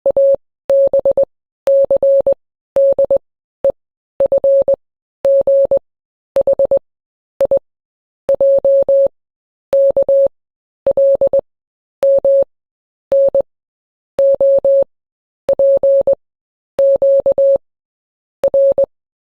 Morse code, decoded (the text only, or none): ABCDEFGHIJKLMNOPQR